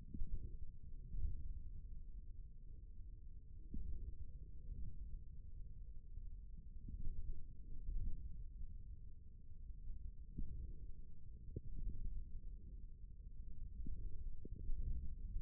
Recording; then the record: forearm muscle sounds (acoustic myography)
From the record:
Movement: forearm pronation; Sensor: system 1, eight BSWA MPA416 microphones around the upper forearm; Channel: 1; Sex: male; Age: 41 years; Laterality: right